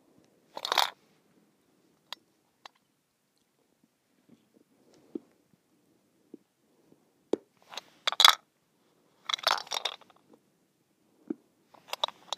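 A mint shaker gives short, bright rattling bursts separated by quiet stretches. The loudest shakes come near the start and again around eight and ten seconds, with scattered small clicks and ticks in between and a faint low hush underneath.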